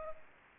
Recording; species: mosquito wingbeat signal from an infrared sensor; Aedes aegypti